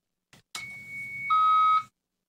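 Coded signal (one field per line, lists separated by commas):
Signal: 300-baud modem data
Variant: Bell 103, 300 baud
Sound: a click, a steady high tone, then a lower steady tone joins briefly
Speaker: you can hear the high-pitched tone that was being emitted by my 300 baud modem that the courier then recognized immediately as old school 300 baud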